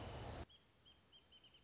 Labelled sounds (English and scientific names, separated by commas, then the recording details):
Wrentit (Chamaea fasciata)
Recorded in Sonoma County, California